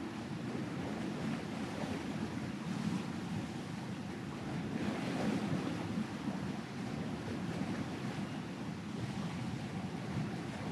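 Ocean waves roll in a continuous, dense wash of surf with no clear breaks between them. The roar sits mostly low and full, with a hiss spread above it and slight swells in loudness around three and five seconds. Wind buffets faintly underneath.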